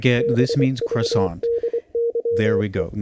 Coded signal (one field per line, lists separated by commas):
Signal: Morse code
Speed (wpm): 24 wpm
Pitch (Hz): 470 Hz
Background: speech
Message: BVDYE